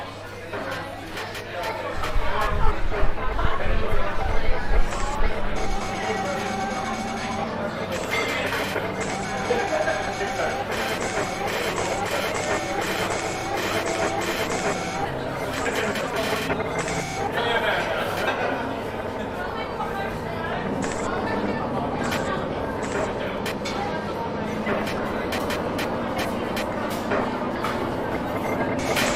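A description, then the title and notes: A crowded place is filled with overlapping voices, a dense, steady murmur of many conversations with no single speaker standing out. A louder, rumbling burst of clatter rises early, peaking around three to five seconds, then settles into an even din. I aimed for quite a washy, claustrophobic sound, in which the sound of a crowded place could be taken on both both at face value and with a more warped sound.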